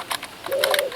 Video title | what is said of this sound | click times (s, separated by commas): Cyma CM.702 - airsoft sniper rifle | it only locks in place up here in the in | 0.6 s, 0.7 s, 0.8 s